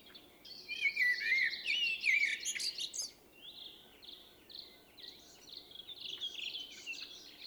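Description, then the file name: Common blackbird giving a rich warbled phrase that ends in high squeaky notes, followed by a run of short repeated high chirps. "Turdus merula"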